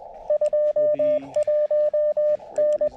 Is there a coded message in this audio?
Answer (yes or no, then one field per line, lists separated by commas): yes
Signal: Morse code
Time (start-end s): 0.3-2.9 s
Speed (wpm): 20 wpm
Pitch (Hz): 590 Hz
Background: radio noise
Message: 21N